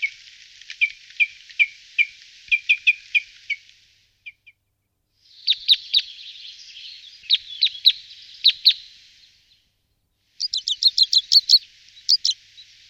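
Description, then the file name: Red crossbill calls: spaced, dry chip notes, a buzzier patch of clipped notes, then a fast, high burst of repeated chips. "Golosa ptic - Klyost-elovik Loxia curvirostra"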